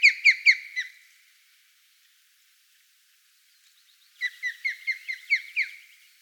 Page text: Птицы России - Тонкоклювая камышовка